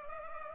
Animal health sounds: mosquito wingbeat signal from an infrared sensor; Culex pipiens

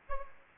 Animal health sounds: mosquito wingbeat signal from an infrared sensor; Aedes aegypti

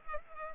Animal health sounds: mosquito wingbeat signal from an infrared sensor; Culex pipiens

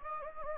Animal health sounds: mosquito wingbeat signal from an infrared sensor; Anopheles gambiae

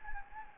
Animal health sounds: mosquito wingbeat signal from an infrared sensor; Anopheles gambiae

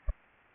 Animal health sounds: mosquito wingbeat signal from an infrared sensor; Anopheles arabiensis

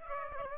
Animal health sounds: mosquito wingbeat signal from an infrared sensor; Aedes aegypti

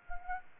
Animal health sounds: mosquito wingbeat signal from an infrared sensor; Anopheles gambiae

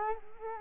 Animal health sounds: mosquito wingbeat signal from an infrared sensor; Culex quinquefasciatus

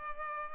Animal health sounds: mosquito wingbeat signal from an infrared sensor; Culex pipiens

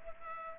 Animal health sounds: mosquito wingbeat signal from an infrared sensor; Culex pipiens

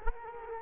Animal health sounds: mosquito wingbeat signal from an infrared sensor; Culex quinquefasciatus

